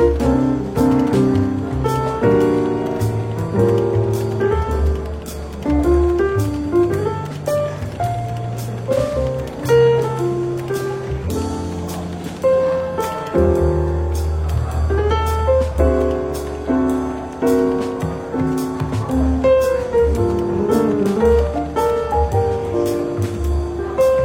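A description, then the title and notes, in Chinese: Soft, relaxed jazz plays steadily with a warm bass line and piano chords, while quiet café chatter and small clinks come and go throughout. 伦敦书店咖啡馆轻微喧闹氛围与柔和轻松的爵士背景音乐。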